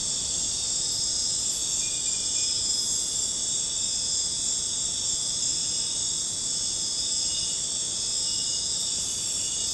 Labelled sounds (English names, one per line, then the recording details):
none
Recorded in pastures near Puerto Asís, Putumayo, Colombia, on 26 December 2024 at 23:00
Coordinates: 0.466, -76.322
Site G040